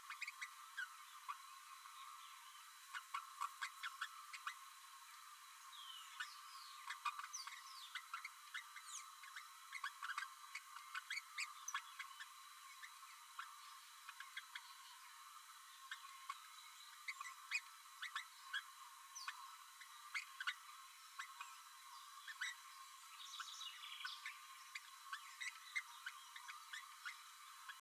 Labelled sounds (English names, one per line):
Green-rumped Parrotlet babbling